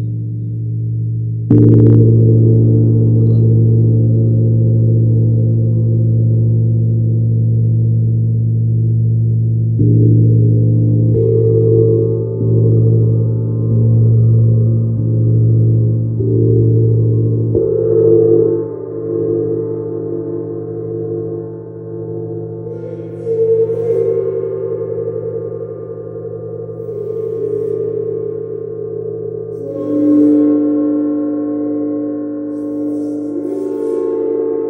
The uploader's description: the sounds and vibrations of the Sidereal Moon Gong